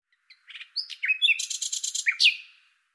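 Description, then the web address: Common nightingale song: a short varied phrase of chips and slurred whistles leading into a quick buzzy trill, finished with a sharp downslurred note. "Deverinetal 2025"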